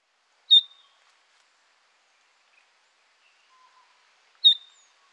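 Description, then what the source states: Graceful honeyeater giving two sharp, high clipped notes about four seconds apart, with faint soft sounds between. Recorded in Papua New Guinea.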